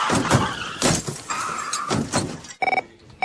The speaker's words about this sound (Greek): Όπα, με συγχωρείτε, έρχεται ένα φορτηγό πάνω μας.